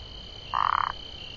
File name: Phyllomedusa burmeisteri